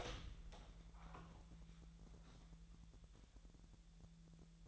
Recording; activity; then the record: daily activity, microphone in the room; open door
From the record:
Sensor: 3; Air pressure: 1001.3 hPa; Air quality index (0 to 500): 249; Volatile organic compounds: 170 ppm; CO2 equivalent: 4105 ppm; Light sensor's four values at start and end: 13/31/13/13 and 13/31/13/13